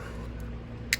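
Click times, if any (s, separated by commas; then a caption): 0.9 s. The folding trigger in the frame of a knife pistol is swung out into its deployed position over a low, steady background hum. A single sharp click at 0.9 s marks the trigger locking open and seated.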